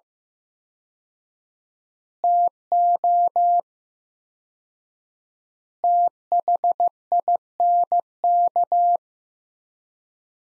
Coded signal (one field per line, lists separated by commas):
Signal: Morse code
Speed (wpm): 15 wpm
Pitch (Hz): 700 Hz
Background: none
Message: TO THINK